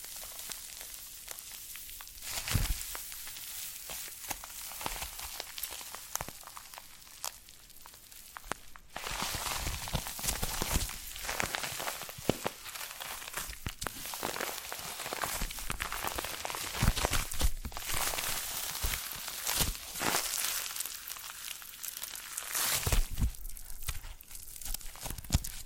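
Foam being massaged and squeezed makes a dense, continuous crinkling and squeaking hiss, bright and airy throughout. The texture shifts in irregular surges rather than a steady rhythm, with sharper crackling bursts around 3, 9, 17 and 23 seconds.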